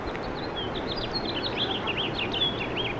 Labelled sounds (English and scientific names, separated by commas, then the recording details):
House Finch (Haemorhous mexicanus) song
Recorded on Long Island, New York, on 18 April 2012
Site GC
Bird C